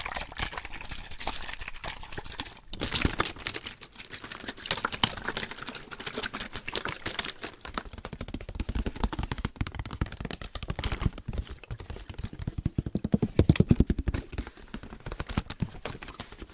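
Water bottles are tapped and shaken in a dense, fast, irregular patter of crisp knocks, with sloshing and louder bursts near fourteen seconds.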